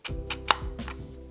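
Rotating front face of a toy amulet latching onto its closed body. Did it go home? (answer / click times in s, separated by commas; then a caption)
yes / 0.5 s. The rotating front face of a plastic replica toy amulet is turned until it latches shut onto its closed body. Softer handling taps come at about 0.3 s and 0.9 s over a steady low tonal hum. A sharp, bright little click at 0.5 s marks the face seating closed.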